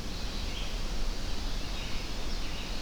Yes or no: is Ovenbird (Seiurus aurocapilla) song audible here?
no